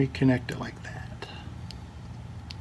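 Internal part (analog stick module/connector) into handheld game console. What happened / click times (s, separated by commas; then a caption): The small plastic part is being handled and has not snapped home yet / none. While reassembling a PSP-1001 handheld game console, an internal part, likely the analog stick module or its connector, is reconnected and handled against the plastic housing as someone talks. A few brief, faint ticks are heard near the end over low background noise. The part has not snapped into place yet; nothing has seated or clicked.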